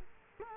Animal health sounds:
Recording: mosquito wingbeat signal from an infrared sensor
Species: Culex quinquefasciatus

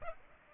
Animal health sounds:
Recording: mosquito wingbeat signal from an infrared sensor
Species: Aedes aegypti

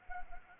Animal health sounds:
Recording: mosquito wingbeat signal from an infrared sensor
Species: Anopheles arabiensis

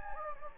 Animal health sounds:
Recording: mosquito wingbeat signal from an infrared sensor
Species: Anopheles gambiae

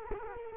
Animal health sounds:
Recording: mosquito wingbeat signal from an infrared sensor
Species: Culex quinquefasciatus

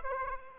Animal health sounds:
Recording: mosquito wingbeat signal from an infrared sensor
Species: Aedes aegypti

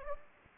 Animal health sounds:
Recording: mosquito wingbeat signal from an infrared sensor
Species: Anopheles gambiae

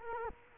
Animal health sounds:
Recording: mosquito wingbeat signal from an infrared sensor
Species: Culex quinquefasciatus

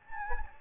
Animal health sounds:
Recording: mosquito wingbeat signal from an infrared sensor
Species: Anopheles gambiae

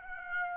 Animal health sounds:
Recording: mosquito wingbeat signal from an infrared sensor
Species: Aedes aegypti

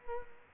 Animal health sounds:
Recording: mosquito wingbeat signal from an infrared sensor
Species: Culex quinquefasciatus

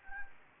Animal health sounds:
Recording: mosquito wingbeat signal from an infrared sensor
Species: Anopheles gambiae

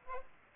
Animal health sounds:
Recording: mosquito wingbeat signal from an infrared sensor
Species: Aedes aegypti

